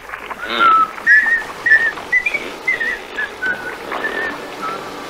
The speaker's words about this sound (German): Und inzwischen pfeifen wir uns ein hübsches Liedchen.